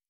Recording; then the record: hydrophone in a shrimp aquaculture tank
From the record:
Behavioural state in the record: normal